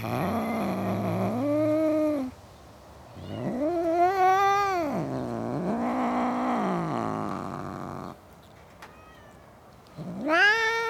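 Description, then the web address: Cat caterwauling in long, loud, wavering yowls that rise and fall, several drawn-out bouts separated by short pauses. Cats in a suburban garden. "The BBC Sound Effects Library. Cats In A Suburban Garden"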